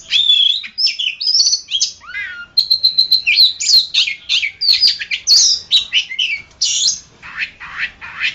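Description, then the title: Oriental magpie-robin song opening with clear looping whistles, a falling slurred note, then a steady whistle and quick varied phrases ending in buzzy notes. "Kacer"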